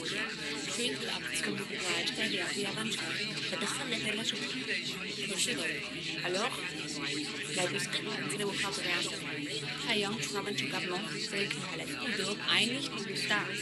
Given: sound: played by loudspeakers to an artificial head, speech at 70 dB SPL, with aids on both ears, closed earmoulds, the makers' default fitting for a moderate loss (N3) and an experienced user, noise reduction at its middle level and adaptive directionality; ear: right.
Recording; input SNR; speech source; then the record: speech test signal (ISTS) in cocktail-party noise; -6 dB; in front (0 degrees)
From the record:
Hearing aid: class 1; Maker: E